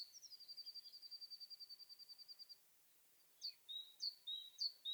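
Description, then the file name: Great tit calls: a rapid, high, even trill lasting over two seconds, a short pause, then several sharp paired notes. "Parus major"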